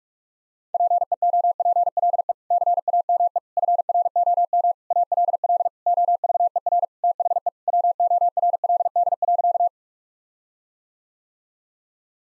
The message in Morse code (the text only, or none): PEOPLE CAME FROM ALL OVER THE WORLD.